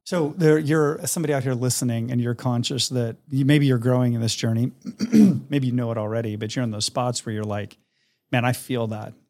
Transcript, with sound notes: So there, you’re somebody out here listening, and you’re conscious that you, maybe you’re growing in this journey. [clears throat] Maybe you know it already, but you’re in those spots where you’re like, “Man, I feel that.”.